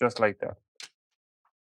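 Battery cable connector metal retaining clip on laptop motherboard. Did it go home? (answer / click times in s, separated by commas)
yes / 0.8 s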